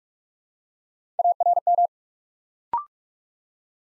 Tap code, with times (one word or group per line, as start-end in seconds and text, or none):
none